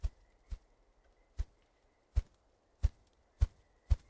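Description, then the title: Ruffed grouse drumming: deep low thumps spaced about half a second to nearly a second apart, gradually quickening after the first few, with a faint steady high hum behind. Male in mating season, North America; drums on a log every five to twelve minutes, fluffing feathers, to declare territory and availability; low rapid thump likened to a distant generator. "Ruffed Grouse - Bonasa umbellus - male drumming"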